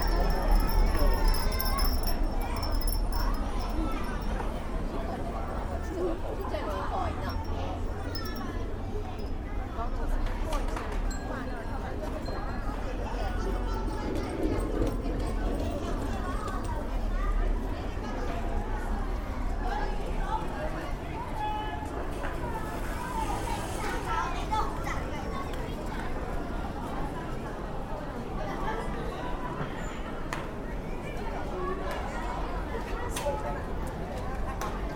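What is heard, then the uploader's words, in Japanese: A busy crowd fills the scene with overlapping voices and footsteps, a dense, steady murmur that never lets up across the whole stretch. Faint bright tinkles, like a wind chime, ring through early on, while a low rumble hums underneath. 雑踏と風鈴（Binaural）- bustle & wind chimes。平日夕方の浅草の雷門辺りで録りました。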